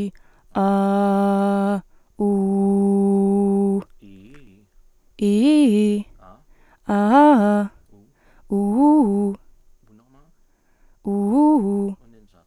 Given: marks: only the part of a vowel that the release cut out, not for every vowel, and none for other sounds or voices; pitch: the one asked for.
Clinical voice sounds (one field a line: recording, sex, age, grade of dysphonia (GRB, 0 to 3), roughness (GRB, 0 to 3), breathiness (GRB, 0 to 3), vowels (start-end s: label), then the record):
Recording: sustained vowels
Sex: female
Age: 20 to 29 years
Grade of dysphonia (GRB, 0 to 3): 0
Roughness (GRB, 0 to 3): 0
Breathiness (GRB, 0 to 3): 0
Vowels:
0.60-1.72 s: vowel /a/, low pitch
2.29-3.70 s: vowel /u/, low pitch
5.24-5.96 s: vowel /i/, low-high-low pitch
6.92-7.60 s: vowel /a/, low-high-low pitch
11.10-11.87 s: vowel /u/, low-high-low pitch
From the record:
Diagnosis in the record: healthy voice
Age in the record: 20 years